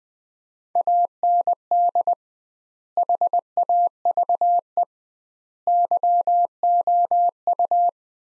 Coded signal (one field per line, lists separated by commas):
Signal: Morse code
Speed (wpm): 21 wpm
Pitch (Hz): 700 Hz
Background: none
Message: AND HAVE YOU